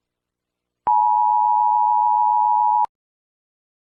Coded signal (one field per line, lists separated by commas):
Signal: Emergency Alert System (SAME) tones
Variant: 853 and 960 Hz attention tone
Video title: EAS Scenario #2 World War The Boiled One